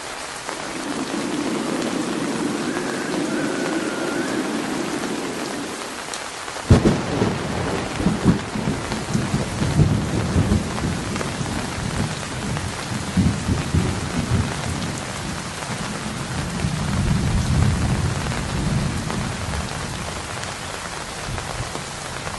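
Steady rain hisses throughout, with a sudden thunderclap near seven seconds followed by long, rolling low rumbles and gusting wind.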